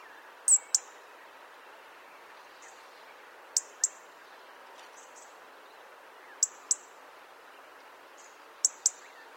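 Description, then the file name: European robin repeating sharp tick calls in close pairs about every three seconds, over a soft continuous background hiss. "Erithacus rubecula"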